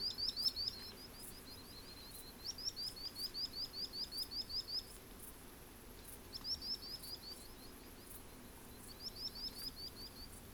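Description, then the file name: Common sandpiper song: bursts of rapid, high, thin repeated notes in a quick trilling series, pausing between bursts, over a low steady background hum. Singing at Portland on 15 August 2017 at 00:48. "Common-Sand-inc-singing-Portland-150817-00 48"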